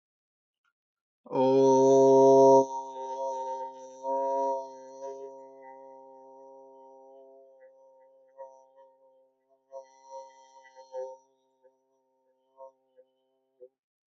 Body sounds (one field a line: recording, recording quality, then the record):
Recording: sustained vowel as in boot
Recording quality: excellent, no background noise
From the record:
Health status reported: healthy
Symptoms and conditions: none ticked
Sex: male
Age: 24 years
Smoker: not ticked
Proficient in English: yes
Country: India